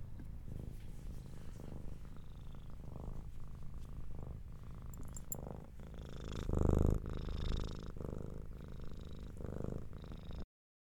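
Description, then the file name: Domestic cat purring, a steady low rumbling vibration with repeated breathy swells, growing louder and rougher for a moment midway before settling back. "Cat Purring Various"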